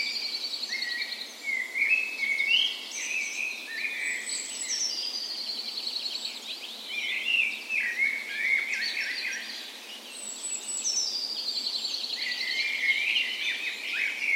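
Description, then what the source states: Birds singing in a dawn chorus, rapid trills and warbled phrases from several singers layered together, with brief high descending notes and steady hiss. Birds in a park west in Bergen, Norway; morning of 17 May, Norway's National Day, in full spring; recorded on Sony PCM A10 with LOM Micro Usi mics as tree ears.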